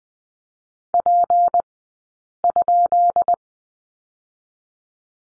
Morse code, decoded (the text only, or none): P?